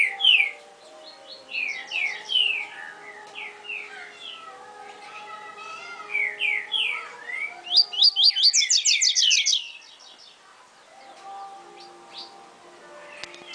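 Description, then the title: Double-collared seedeater singing a long, varied phrase of quick slurred whistles, building to a rapid high trill past the middle, then quieter notes, with a constant low hum beneath. "Canto Coleiro"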